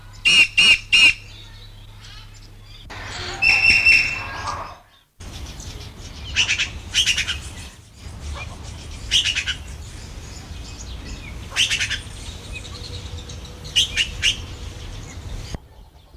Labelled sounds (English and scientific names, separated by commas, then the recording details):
Common Green Magpie (Cissa chinensis) call
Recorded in captivity
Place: Zoo Hannover, Niedersachsen, DE
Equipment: Halbspur, 9,5 cm/s
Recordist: Lütgens, Hans